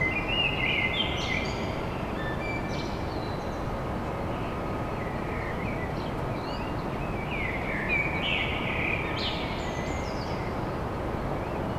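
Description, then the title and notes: Common blackbird pouring out rich, varied warbles and chuckling high twitters in quick succession over steady low-frequency traffic noise. Recorded at dawn in Paris. "Blackbird Poetry At Paris. Enregistrement d'un chant de merle à l'aube dans Paris"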